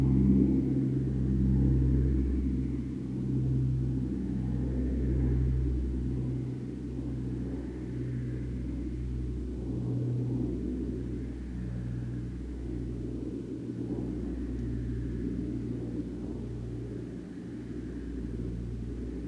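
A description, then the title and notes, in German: A low propeller plane drones steadily overhead at night, its deep pulsing hum throbbing in slow waves with a faint higher whine above. Ein tiefes Flugzeug. Ich vermute ein Propellerflugzeug mitten in der Nacht.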